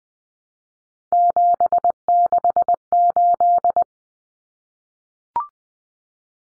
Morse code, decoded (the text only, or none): 768